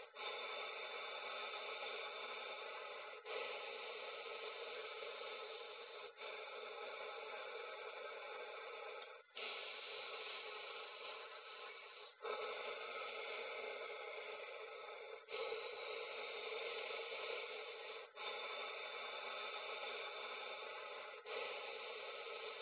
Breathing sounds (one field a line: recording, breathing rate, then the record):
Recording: paced breathing near a phone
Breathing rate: 10 breaths a minute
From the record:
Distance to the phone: 20 cm